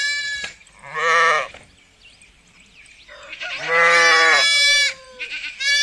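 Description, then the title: Sheep bleating: a short bleat, a loud wavering bleat, then a long loud shaky bleat after a quiet pause, with a final bleat starting. 3D audio recording, meant for headphones. "绵羊咩咩咩"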